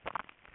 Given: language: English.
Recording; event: throat vibration sensor signal played as sound; swallow